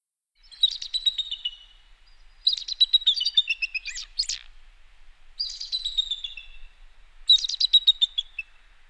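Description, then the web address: Bald eagle calls: four bursts of high, thin, rapid chattering piping notes, each series stuttering and falling slightly, separated by short pauses. "bird eagle bald eagle call"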